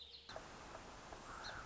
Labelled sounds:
Song Sparrow (Melospiza melodia)
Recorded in Sonoma County, California

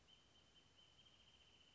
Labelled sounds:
Wrentit (Chamaea fasciata)
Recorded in Sonoma County, California

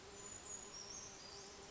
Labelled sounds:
Brown Creeper (Certhia americana)
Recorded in Sonoma County, California

